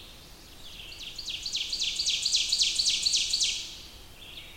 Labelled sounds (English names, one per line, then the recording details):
Ovenbird song
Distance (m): 20 m
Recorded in boreal forest in Alberta, Canada, on 20 June 2016 at 06:14
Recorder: SongMeter 3, array SBT-6-81
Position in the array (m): 74 m, 101 m
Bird 23